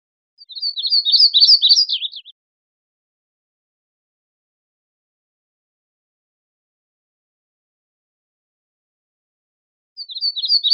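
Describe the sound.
Yellow-rumped warbler, a rapid burst of high, sharp chipping notes lasting about two seconds, then a long silence before another burst starts at the end.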